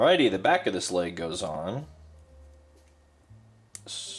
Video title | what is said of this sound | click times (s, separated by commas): [Warhammer 40K] More hobbying today! Panting or assembling idk!! | yep that one snapped into place that's always good | 3.8 s